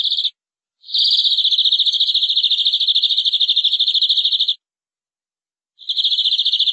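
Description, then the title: Canary trilling in long high rolls of very fast repeated notes, broken by short silent gaps. "BM Suara Kenari"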